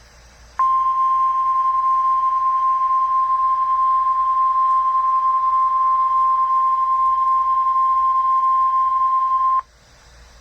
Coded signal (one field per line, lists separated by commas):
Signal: Emergency Alert System (SAME) tones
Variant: 1050 Hz attention tone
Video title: All Wisconsin NWS Offices Required Weekly Tests RWT Emergency Alert System EAS NOAA Weather Radio